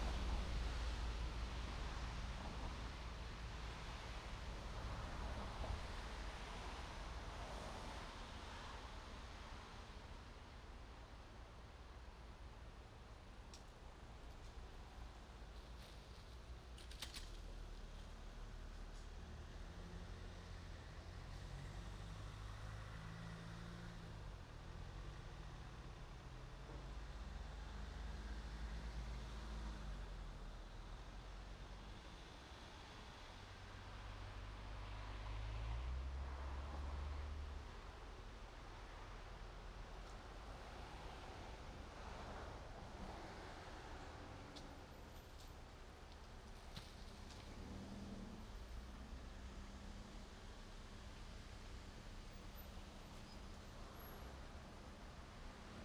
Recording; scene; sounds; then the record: everyday scene through a hearing-aid microphone; in traffic; traffic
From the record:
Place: main road on the outskirts, rush hour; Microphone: in the ear canal, right